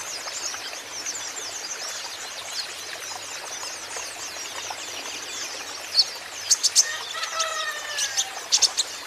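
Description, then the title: Van Hasselt's sunbird song: faint high twittering through most, then sharp, loud, very high chirps bursting in quick clusters near the end. Green-plumaged (ijoan) kolibri ninja (konin) in constant 'gacor' song, used as a lure and therapy for untrained konin, which are sure to answer. "KOLIBRI NINJA KONIN IJOAN GACOR COCOK UNTUK PANCINGAN TERAPI KONIN BAHAN PASTI NYAUT"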